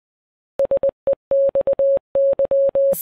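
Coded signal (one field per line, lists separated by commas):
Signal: Morse code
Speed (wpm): 20 wpm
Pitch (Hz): 550 Hz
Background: none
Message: SEXY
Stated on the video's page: Morse code learning track.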